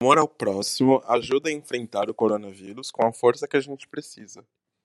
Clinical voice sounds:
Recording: spoken sentence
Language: Brazilian Portuguese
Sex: male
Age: 20 to 29 years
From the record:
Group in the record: control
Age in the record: 25 years

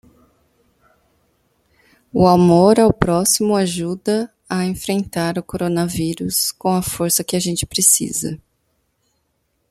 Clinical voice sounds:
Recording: spoken sentence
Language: Brazilian Portuguese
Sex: female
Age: 30 to 39 years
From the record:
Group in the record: control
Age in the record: 39 years

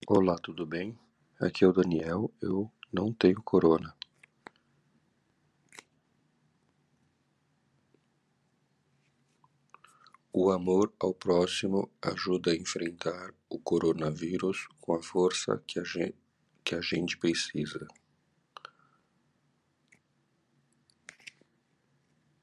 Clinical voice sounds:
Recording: spoken sentence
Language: Brazilian Portuguese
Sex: male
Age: 50 to 59 years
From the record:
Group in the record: control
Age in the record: 55 years

